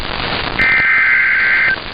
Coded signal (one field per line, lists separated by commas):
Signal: Emergency Alert System (SAME) tones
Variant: header bursts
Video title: BACK IN BUSINESS | EAS Alerts from 8/10/2022 (EAS #1313-1338)